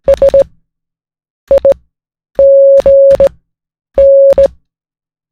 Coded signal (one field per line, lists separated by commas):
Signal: Morse code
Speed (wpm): 16 wpm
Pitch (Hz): 550 Hz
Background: none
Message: SIGN